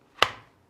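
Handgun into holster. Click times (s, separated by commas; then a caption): 0.2 s. A handgun is pushed into a light-bearing holster that covers the trigger guard. A single sharp click sounds at 0.2 s as the retention locks, then rings out briefly. The gun is seated and locked in the holster but still draws out easily.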